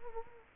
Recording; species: mosquito wingbeat signal from an infrared sensor; Culex quinquefasciatus